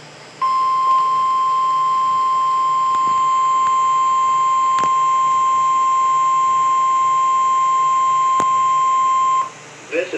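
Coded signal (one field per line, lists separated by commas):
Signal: Emergency Alert System (SAME) tones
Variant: 1050 Hz attention tone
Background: speech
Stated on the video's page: Required Weekly Test from NOAA Weather Radio station, received on Midland WR300 and WR120 EZ weather radios.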